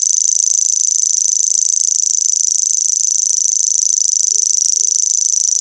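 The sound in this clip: Grasshopper song, a loud continuous high-pitched buzz of very fast even pulses, steady throughout without pause.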